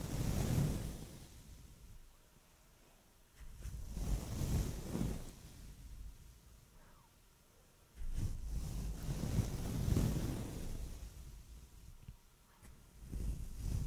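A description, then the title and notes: Soft mic brushing in slow sweeping strokes, deep rumbling swells near 0, 4, 8-11 and 13 seconds, quieter hissy lulls between. ASMR soft Mic Brushing. Trying new brushes.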